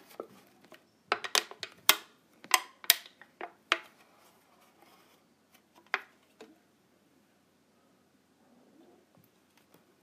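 Plastic clips snap and click in a quick flurry during the first four seconds, each sharp and bright. After that the sounds thin out to a single firm click near six seconds and faint taps toward the end, with near silence between.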